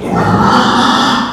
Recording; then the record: squeal of a Yucatan mini pig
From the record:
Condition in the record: after surgery on the right vocal fold (resection and tissue-engineered implant); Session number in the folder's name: 16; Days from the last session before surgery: 183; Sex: female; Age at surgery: 19 weeks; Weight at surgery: 25 kg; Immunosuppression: prednisolone